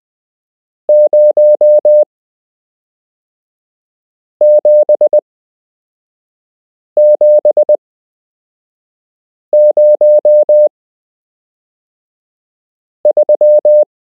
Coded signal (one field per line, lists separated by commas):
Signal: Morse code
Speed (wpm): 20 wpm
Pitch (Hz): 600 Hz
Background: none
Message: 07703